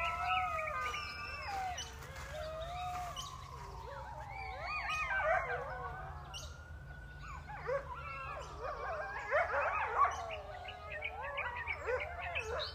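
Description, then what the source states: Coyote pack howling, many overlapping wavering and sliding tones mixed with short yips and barks, swelling in bursts near five and ten seconds, over a constant low rumble. Pack of coyotes howling in response to sirens.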